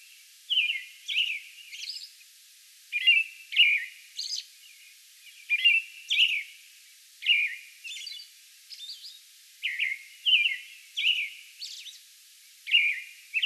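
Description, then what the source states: American robin singing a run of clear, caroling whistled phrases in groups of two or three, with occasional higher squeaky notes between them. A song bout recorded on May 11.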